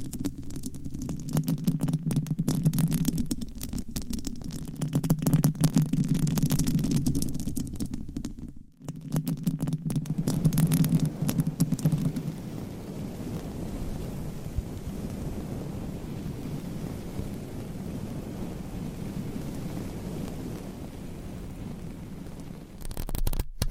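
Scratching on a microphone with nails and covers, a dense, rough rumble concentrated in the low end with crackly bursts above. Strong scratching passages run from the start to about eight seconds and again from nine to twelve, then ease into softer, steadier rubbing to the end.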